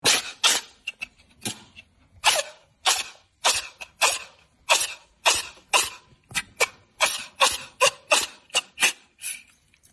Sick cat sneezing.